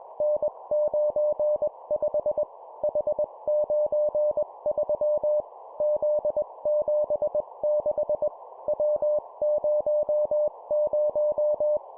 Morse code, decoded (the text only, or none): N95 H93 Z76 W00